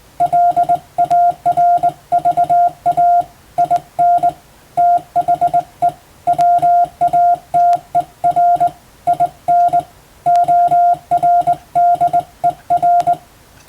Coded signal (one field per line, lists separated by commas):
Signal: Morse code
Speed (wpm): 21 wpm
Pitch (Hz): 700 Hz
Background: none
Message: LARVA IN THE WATER IN ORDER